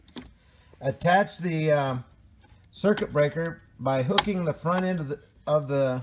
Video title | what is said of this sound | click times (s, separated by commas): Thrifty Hoof Control Box Fuse Replacement | and it snaps right into place | 0.2 s